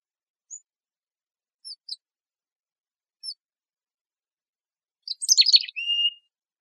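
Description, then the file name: Mountain chickadee calling: a few isolated thin, very high notes, then one full call of sharp high notes ending in a short level trailing note. Recorded in Arizona on 6 August 2004. "MOCH 1 B Deviche"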